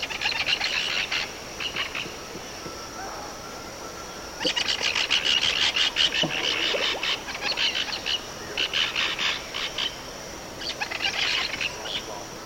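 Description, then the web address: Short-tailed Parrot harsh, raspy calls in rapid chattering bursts, with pauses between groups; a steady high insect hum runs throughout. Eastern lowlands of South America. "Natures Songs S America Eastern Lowlands 117 Short-tailed Parrot"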